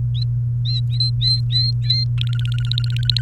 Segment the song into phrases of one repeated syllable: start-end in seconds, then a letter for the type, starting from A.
0.15-0.23 A, 0.65-2.04 A, 2.18-3.21 B